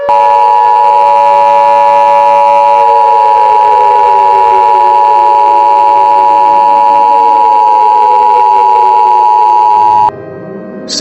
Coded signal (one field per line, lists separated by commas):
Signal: Emergency Alert System (SAME) tones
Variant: 853 and 960 Hz attention tone